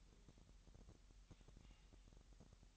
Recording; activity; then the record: daily activity, microphone in the room; take from stove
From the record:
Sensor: 3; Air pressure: 1001.9 hPa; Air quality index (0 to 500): 243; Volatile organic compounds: 45 ppm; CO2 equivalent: 3231 ppm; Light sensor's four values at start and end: 6/15/6/6 and 6/15/6/6